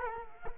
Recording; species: mosquito wingbeat signal from an infrared sensor; Culex quinquefasciatus